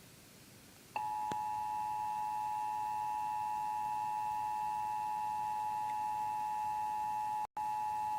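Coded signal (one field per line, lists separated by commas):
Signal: Emergency Alert System (SAME) tones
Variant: 853 and 960 Hz attention tone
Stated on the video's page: Compilation of EAS required weekly and monthly tests from radio and TV stations, one a failed test.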